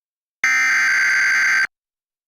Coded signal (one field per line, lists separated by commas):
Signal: Emergency Alert System (SAME) tones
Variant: header bursts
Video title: Severe Thunderstorm Warning EAS on NJ PBS (8/3/26 - Failed)